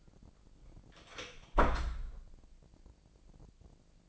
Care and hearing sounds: daily activity, microphone in the room; close door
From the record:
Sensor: 5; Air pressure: 1012.4 hPa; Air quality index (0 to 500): 160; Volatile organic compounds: 2 ppm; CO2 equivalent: 1090 ppm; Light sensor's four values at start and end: 229/559/234/255 and 224/546/228/249

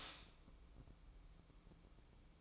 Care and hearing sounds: daily activity, microphone in the room; stop toaster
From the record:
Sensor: 1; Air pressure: 1007.3 hPa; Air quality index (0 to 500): 78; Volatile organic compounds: 1 ppm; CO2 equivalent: 678 ppm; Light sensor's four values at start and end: 8/19/7/8 and 8/19/7/8

